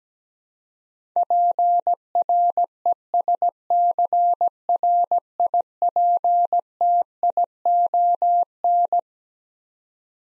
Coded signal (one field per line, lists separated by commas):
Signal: Morse code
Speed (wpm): 17 wpm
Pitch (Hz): 700 Hz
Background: none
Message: PRESCRIPTION